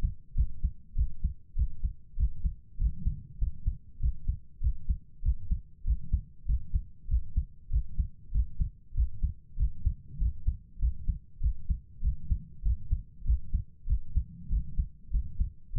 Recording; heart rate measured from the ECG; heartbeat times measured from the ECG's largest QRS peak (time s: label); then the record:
heart sounds by stethoscope; 98 bpm
0.33 s: heartbeat
0.94 s: heartbeat
1.54 s: heartbeat
2.15 s: heartbeat
2.77 s: heartbeat
3.37 s: heartbeat
3.98 s: heartbeat
4.59 s: heartbeat
5.21 s: heartbeat
5.83 s: heartbeat
6.44 s: heartbeat
7.06 s: heartbeat
7.68 s: heartbeat
8.30 s: heartbeat
8.93 s: heartbeat
9.55 s: heartbeat
10.16 s: heartbeat
10.78 s: heartbeat
11.39 s: heartbeat
12.00 s: heartbeat
12.61 s: heartbeat
13.23 s: heartbeat
13.85 s: heartbeat
14.48 s: heartbeat
15.09 s: heartbeat
15.71 s: heartbeat
From the record:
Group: healthy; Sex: female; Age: 32 years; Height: 172 cm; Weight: 71.7 kg